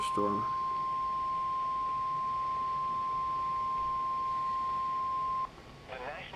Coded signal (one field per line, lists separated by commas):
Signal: Emergency Alert System (SAME) tones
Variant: 1050 Hz attention tone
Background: speech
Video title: SEVERE WEATHER IN NORTH CAROLINA | EAS Timeline (EAS ALERTS 82-93)